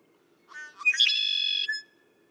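Red-winged blackbird singing one phrase: brief soft lead-in notes followed by a harsh, buzzy trill lasting nearly a second, then a faint closing note.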